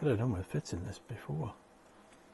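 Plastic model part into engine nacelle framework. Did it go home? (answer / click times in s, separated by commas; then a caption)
no / none. A plastic part for a Hachette scale Lancaster B III bomber model is lined up against the starboard engine nacelle framework while someone talks, with a faint, quiet background after the speech stops. The part is only being handled, and nothing has seated or clicked yet.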